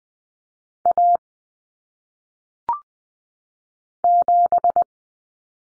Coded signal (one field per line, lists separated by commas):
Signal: Morse code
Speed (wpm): 20 wpm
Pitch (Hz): 700 Hz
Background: none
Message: A 7